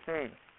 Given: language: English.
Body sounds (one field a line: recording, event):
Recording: throat vibration sensor signal played as sound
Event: speech